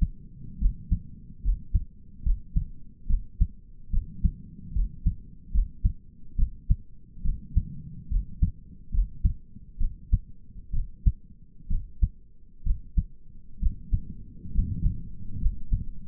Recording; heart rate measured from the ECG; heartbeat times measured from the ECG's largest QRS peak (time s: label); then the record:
heart sounds by stethoscope; 69 bpm
0.60 s: heartbeat
1.44 s: heartbeat
2.25 s: heartbeat
3.09 s: heartbeat
3.92 s: heartbeat
4.75 s: heartbeat
5.53 s: heartbeat
6.38 s: heartbeat
7.24 s: heartbeat
8.11 s: heartbeat
8.93 s: heartbeat
9.80 s: heartbeat
10.74 s: heartbeat
11.70 s: heartbeat
12.66 s: heartbeat
13.61 s: heartbeat
14.54 s: heartbeat
15.41 s: heartbeat
From the record:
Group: healthy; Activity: cold pressor test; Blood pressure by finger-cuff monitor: 100/79 mmHg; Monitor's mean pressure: 88 mmHg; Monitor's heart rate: 70 bpm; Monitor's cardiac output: 5.4 L/min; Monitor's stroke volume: 78 mL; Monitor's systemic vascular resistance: 1210 dyn s/cm5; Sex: male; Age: 22 years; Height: 181 cm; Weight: 79 kg